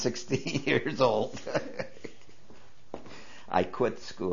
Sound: he laughs

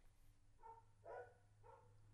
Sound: dogs bark

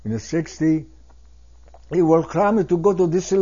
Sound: swallows loudly

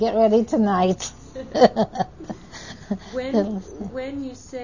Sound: they laugh

